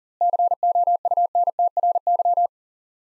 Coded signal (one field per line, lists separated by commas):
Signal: Morse code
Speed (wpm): 40 wpm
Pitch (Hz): 700 Hz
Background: none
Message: COUNTRY